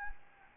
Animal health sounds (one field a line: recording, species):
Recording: mosquito wingbeat signal from an infrared sensor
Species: Anopheles gambiae